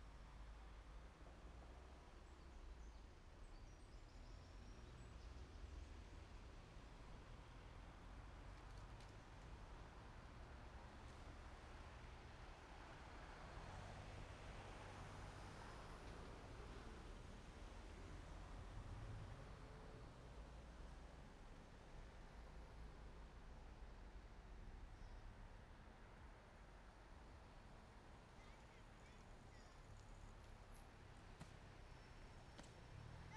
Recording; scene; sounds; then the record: everyday scene through a hearing-aid microphone; in traffic; traffic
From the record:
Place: main road on the outskirts, rush hour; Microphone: behind the ear, right, rear